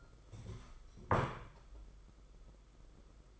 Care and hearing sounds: daily activity, microphone in the room; stand up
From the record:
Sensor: 5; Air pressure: 991.8 hPa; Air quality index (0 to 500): 144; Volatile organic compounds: 142 ppm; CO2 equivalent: 3988 ppm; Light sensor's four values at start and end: 32/108/40/43 and 32/108/40/43

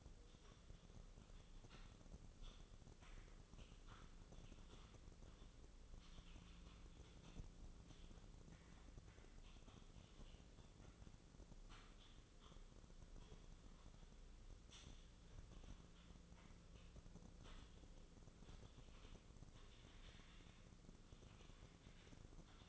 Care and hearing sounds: daily activity, microphone in the room; typing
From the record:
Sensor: 4

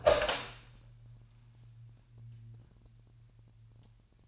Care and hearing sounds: daily activity, microphone in the room; open door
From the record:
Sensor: 2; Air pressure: 998.3 hPa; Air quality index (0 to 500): 137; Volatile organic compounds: 4 ppm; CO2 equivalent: 1556 ppm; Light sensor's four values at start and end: 12/36/14/14 and 12/36/14/14

